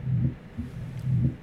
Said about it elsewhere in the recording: We're now at the apex of the left ventricle. This again is a diastolic murmur because we're hearing something like lup-de-zh, lup-de-zh, lup-de-zh. Very different quality than the diastolic murmur we heard before, which was high pitch, and this happens to be the murmur of mitral stenosis.